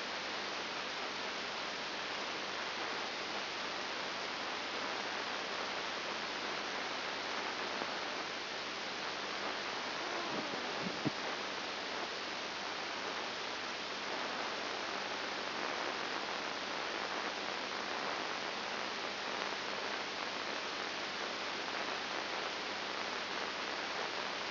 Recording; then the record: brain microelectrode recording played as sound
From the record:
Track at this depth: inside the subthalamic nucleus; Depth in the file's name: 5.901 mm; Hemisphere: left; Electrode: 2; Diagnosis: Parkinson's disease